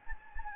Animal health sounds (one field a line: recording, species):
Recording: mosquito wingbeat signal from an infrared sensor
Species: Anopheles gambiae